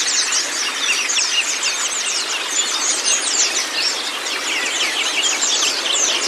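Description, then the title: White-eye song: continuous bright high chirps and short trills tumbling over one another nonstop. Training recording (masteran) of white-eye (pleci kacamata si putih), meant to get a silent (bisu) pleci singing constantly (gacor). "mster Mnuk. Terapi Pleci Bisu Menjadi Gacor Abis. Masteran Pleci Kacamata Si Putih"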